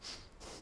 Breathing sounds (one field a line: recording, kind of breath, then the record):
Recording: one breath in and out by a microphone near the nose and mouth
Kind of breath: strong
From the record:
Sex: male